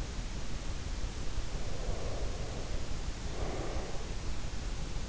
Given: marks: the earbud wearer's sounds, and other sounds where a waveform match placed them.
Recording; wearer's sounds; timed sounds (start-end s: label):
sounds in sleep by an in-ear microphone; breath
1.52-4.23 s: breath